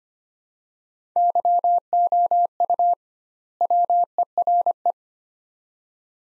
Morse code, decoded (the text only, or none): YOU WERE